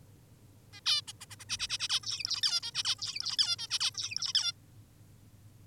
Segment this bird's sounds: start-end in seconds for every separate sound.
0.73-0.80, 0.86-1.02, 1.08-1.13, 1.21-1.26, 1.30-1.36, 1.40-1.45, 1.49-1.57, 1.59-1.68, 1.69-1.78, 1.80-1.88, 1.90-2.00, 2.03-2.42, 2.43-2.61, 2.63-2.72, 2.74-2.84, 2.85-2.96, 2.99-3.37, 3.38-3.56, 3.59-3.68, 3.70-3.79, 3.80-3.91, 3.94-4.33, 4.34-4.52